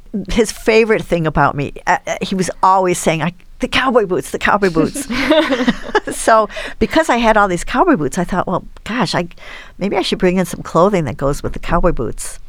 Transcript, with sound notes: his favorite thing about me, he was always saying, "The cowboy boots, the cowboy boots." [LAUGHTER] Because I had all these cowboy boots I thought, well, maybe I should bring in some clothing that goes with the cowboy boots.